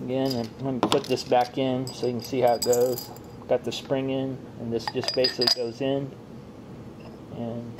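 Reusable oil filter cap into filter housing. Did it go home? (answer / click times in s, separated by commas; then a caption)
no / none. A reusable stainless steel PCS4B oil filter element with its spring is put back into the filter housing of an R1200GS Adventure, with the cap handled over the housing. Someone talks over light metallic jangling and clinking. Nothing has seated or locked into place yet.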